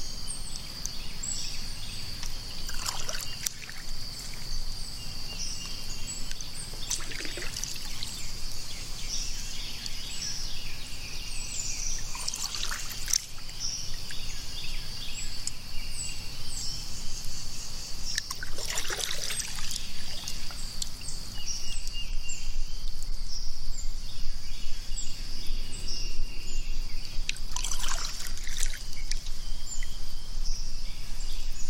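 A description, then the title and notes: Water laps and trickles steadily around a kayak, with splashes at about 3, 7, 13, 19 and 28 seconds under a constant high insect-like whine and bird chirps. ASMR Kayak, Bird Chirping, Water Splash, Nature Sounds, Outdoor Binaural.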